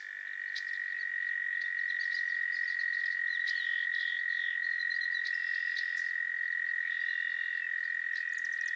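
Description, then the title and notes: Frog chorus: one long, steady trill drones throughout, with scattered higher chirps and squeaks above it. A chorus of frogs crooning to one another on a summer evening at Miners Marsh, Annapolis Valley, Nova Scotia. "Theraphonia - Frogsong at Miners Marsh. A chorus of frogs croon to one another on an idyllic summer evening in Miners Marsh, Annapolis Valley, Nova Scotia"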